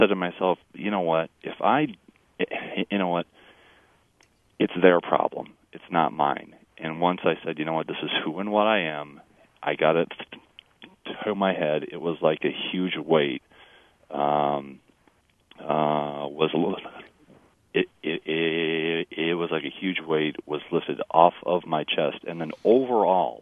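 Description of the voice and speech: Adult male speaker who stutters, talking in a radio interview. Speech is broken by long blocks and pauses between words, with prolonged sounds and repeated syllables.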